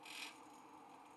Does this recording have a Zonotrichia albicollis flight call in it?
no